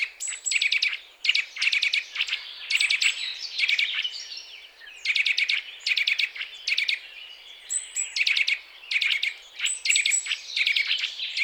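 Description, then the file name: Eurasian nuthatch calls: bright, clipped notes in rapid runs and short clusters, with a brief quieter pause partway through before the calling resumes. "Sitta europaea"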